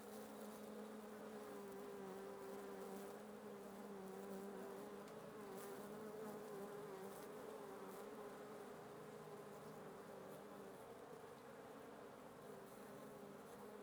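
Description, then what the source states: Wasps buzzing: a dense, steady drone from many insects, with a low hum and a brighter tone that wavers gently throughout. Wasp nest under the roof of the recordist's residence at 1a Avenida Norte 19, Antigua Guatemala, Guatemala; recorded in the morning.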